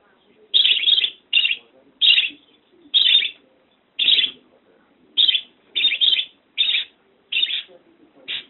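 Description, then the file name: Budgerigar giving short, harsh chirping calls in separate bursts, roughly one every half second to second, with quiet gaps between. "Budgie Sounds Asli"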